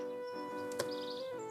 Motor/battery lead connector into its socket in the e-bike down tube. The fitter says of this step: it's like a little click and um there is actually a tool if you if you feel you haven't got